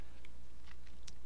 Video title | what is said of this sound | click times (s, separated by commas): Ghost 360 Magazine Pouch Review & Tutorial | let's see what happens when we put a magazine in there so it does snap nicely into place but | 1.1 s